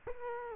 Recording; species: mosquito wingbeat signal from an infrared sensor; Culex quinquefasciatus